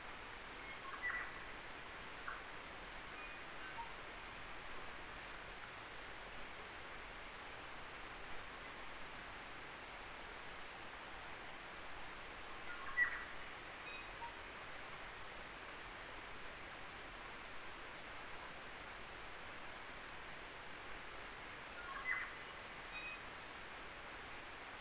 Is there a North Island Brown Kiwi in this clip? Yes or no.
no